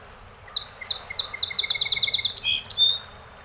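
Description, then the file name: Song sparrow song: a few separated high notes speed into a rapid even trill, ending with sharp buzzy and whistled notes, over quiet background. Recorded 7 June 2018; collection of 48 songs. "2018-06-07 Song Sp 48 Songs"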